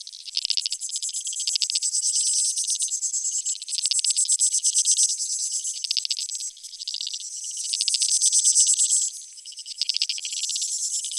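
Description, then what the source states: Insect chorus of high, fast ticking trills, steady with louder surges and a few sharp drops before resuming. Creek insects; field recording from Australia or Portugal, made in 2011, part of a collaborative soundwork; some recordings were left unaltered and others processed.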